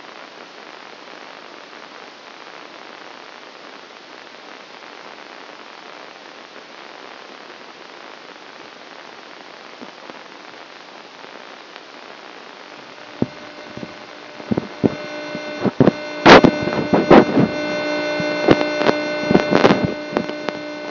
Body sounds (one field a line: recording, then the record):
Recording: brain microelectrode recording played as sound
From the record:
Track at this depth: inside the subthalamic nucleus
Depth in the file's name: 0.01 mm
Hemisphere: right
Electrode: 2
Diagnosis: Parkinson's disease